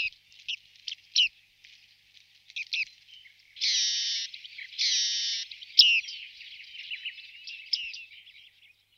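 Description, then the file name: Bearded reedling with high pings and twittering notes, broken by two longer buzzy, rasping calls in the middle, then more scattered pings. "baardman"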